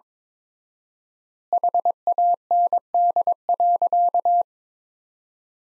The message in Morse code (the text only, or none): HAND.